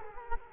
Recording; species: mosquito wingbeat signal from an infrared sensor; Culex quinquefasciatus